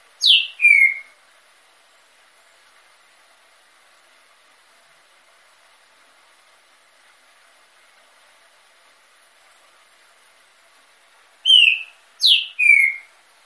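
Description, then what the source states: Green-winged saltator whistling brief two- and three-note phrases with falling slurs, separated by a long silence of about ten seconds. Female, caged in an aviary, warming up her song.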